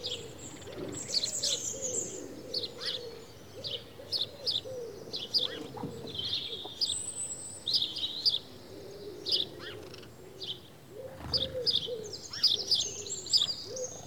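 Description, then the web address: House sparrow chatter, many sharp chirps in uneven bursts. "BBC Sound Effects Library. House Sparrow (Passer Domesticus)"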